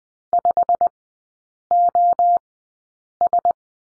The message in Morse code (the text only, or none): 5OS